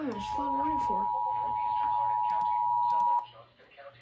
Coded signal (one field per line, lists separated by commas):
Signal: Emergency Alert System (SAME) tones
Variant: 853 and 960 Hz attention tone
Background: speech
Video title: CHAOTIC WEATHER XIV… Attack Of The FFWs… EAS Alerts from 7/12/26